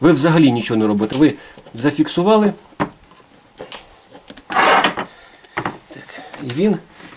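Someone talks while handling the vacuum lock lever of a vibrating suction cup on a tile, with short sharp handling sounds around 2.8, 3.7 and 5.6 seconds. The lever has not yet clicked locked, so the cup has not seated on the tile by the end of the clip.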